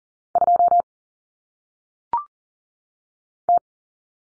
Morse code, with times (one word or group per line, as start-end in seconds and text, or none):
0.4-0.8 2
3.5-3.6 T